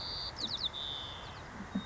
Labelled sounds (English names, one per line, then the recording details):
White-crowned Sparrow
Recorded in Sonoma County, California